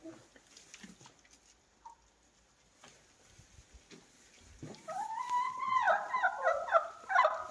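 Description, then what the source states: Chicken sounds quiet at first with a few soft clucks, then a loud rising run of cackling notes in the final seconds. Hens cackling while eating in the recordist's own henhouse.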